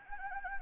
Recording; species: mosquito wingbeat signal from an infrared sensor; Anopheles gambiae